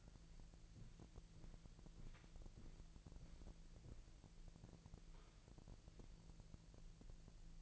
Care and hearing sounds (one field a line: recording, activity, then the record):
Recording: daily activity, microphone in the room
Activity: walk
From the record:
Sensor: 5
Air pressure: 1002.1 hPa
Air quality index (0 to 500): 241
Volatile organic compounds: 27 ppm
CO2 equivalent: 2888 ppm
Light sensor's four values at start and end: 31/74/31/34 and 32/75/31/34